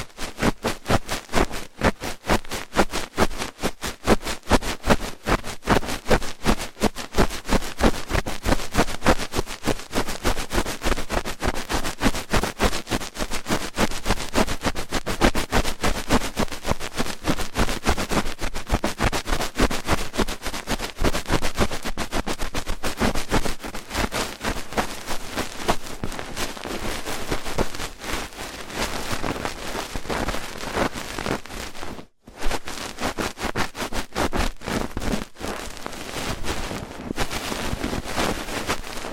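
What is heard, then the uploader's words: Scratchy ear cleaning fills the clip with dense, rapid crackles and rustles that barely let up, bright and rough. Scraping bursts come in quick uneven strokes throughout, with a brief near-silent gap around thirty-two seconds before the rubbing resumes. ASMR Rough Ear Cleaning (No Talking).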